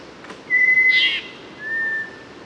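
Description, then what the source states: Mangrove robin song: a pure sustained whistle followed by a slightly lower, shorter whistle, with a brief buzzy chirp over the end of the first whistle. Papua New Guinea.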